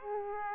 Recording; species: mosquito wingbeat signal from an infrared sensor; Aedes aegypti